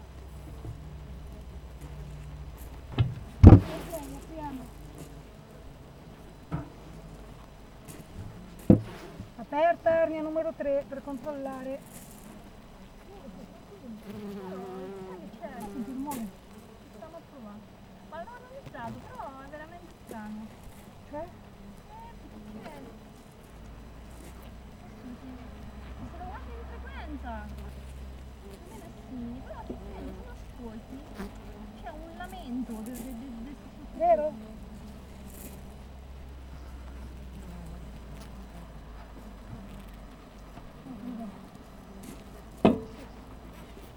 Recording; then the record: honeybee colony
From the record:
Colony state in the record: missing queen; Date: 14 July 2017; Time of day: 7:13